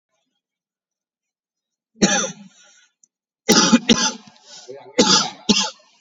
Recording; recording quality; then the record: heavy voluntary cough; excellent, no background noise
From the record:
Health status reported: COVID-19 positive, moderate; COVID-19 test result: positive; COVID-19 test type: RT-PCR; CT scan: not taken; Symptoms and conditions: cough, cold, sore throat, fever, muscle pain, loss of smell and taste, diarrhoea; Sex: male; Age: 37 years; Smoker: no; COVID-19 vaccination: one dose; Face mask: worn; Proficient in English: yes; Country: India